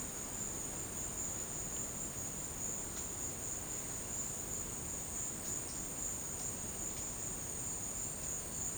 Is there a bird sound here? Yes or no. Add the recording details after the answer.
no. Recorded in dense forest near Puerto Asís, Putumayo, Colombia, on 19 March 2025 at 11:30. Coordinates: 0.481, -76.323. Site G088